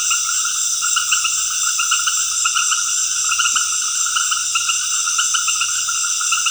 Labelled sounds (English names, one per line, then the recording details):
none
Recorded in dense forest near Puerto Asís, Putumayo, Colombia, on 13 March 2025 at 19:00
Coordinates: 0.481, -76.323
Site G088